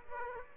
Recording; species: mosquito wingbeat signal from an infrared sensor; Aedes aegypti